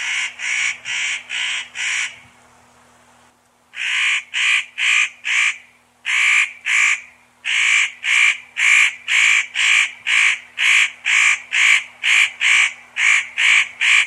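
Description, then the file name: Spotted nutcracker calling in long series of harsh, grating notes, briefly pausing after a quick opening burst, then resuming at a fast pace. Recorded 25 May 1994. "25 05 94 Nucifraga"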